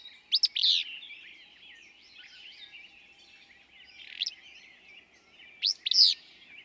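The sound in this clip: Willow flycatcher repeating its abrupt, sneezing two-note phrase three times, the last two closer together, against soft, continuous high-pitched bird chatter.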